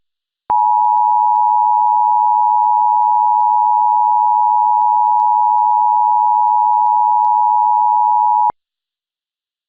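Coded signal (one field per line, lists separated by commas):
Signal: Emergency Alert System (SAME) tones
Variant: 853 and 960 Hz attention tone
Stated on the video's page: Valid EAS tones in an entirely fictional scenario.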